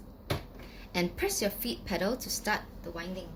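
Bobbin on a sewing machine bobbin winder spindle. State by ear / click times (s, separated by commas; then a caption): seated / 0.3 s. A bobbin on a sewing machine's bobbin winder spindle is pushed firmly to the right and gives a short, sharp click at 0.3 s as it seats in winding position, ready for winding. Someone then talks over a quiet background for the rest of the clip.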